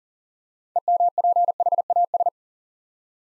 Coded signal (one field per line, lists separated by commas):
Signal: Morse code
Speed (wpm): 40 wpm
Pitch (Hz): 700 Hz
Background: none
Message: EMPHAS